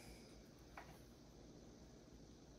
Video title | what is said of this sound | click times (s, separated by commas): GI Joe Mezco Storm Shadow, Best AND most Frustrating? | okay so it does kind of lock into place | 0.8 s